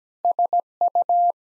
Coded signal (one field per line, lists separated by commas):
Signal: Morse code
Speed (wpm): 17 wpm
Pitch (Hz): 700 Hz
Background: none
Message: SU